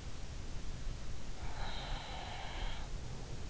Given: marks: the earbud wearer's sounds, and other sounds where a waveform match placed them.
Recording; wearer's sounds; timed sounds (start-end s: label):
sounds in sleep by an in-ear microphone; breath
0.84-3.41 s: breath